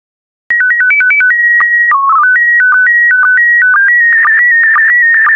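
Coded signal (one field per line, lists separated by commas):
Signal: SSTV (slow-scan television)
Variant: PD120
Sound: quick beeping tone steps, steady high tone, then warbling tone with regular low blips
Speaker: complete. You can now check your decoded image against the picture that is shown on the video.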